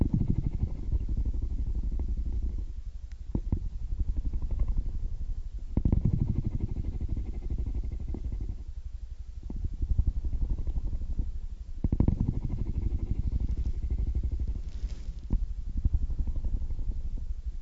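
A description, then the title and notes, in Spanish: Kittens purr in a steady, low, rumbling pulse, swelling and easing in waves with brief sharper clicks around six and twelve seconds. Sonido de Ronroneo de Gato. Calmante ronroneo de gatitos. Tomamos el sonido lento de la frecuencia del ronroneo de un gato.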